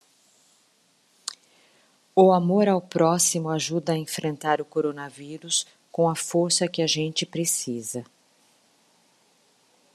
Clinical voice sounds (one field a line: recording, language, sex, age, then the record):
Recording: spoken sentence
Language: Brazilian Portuguese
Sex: female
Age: 50 to 59 years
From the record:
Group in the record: control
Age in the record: 55 years